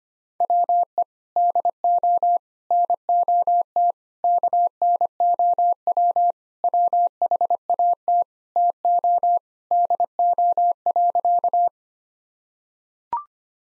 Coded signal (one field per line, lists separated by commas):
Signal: Morse code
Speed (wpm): 25 wpm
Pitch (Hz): 700 Hz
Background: none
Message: WE DO NOT KNOW WHAT TO DO.